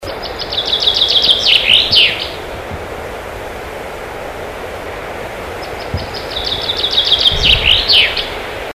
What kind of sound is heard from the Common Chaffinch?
song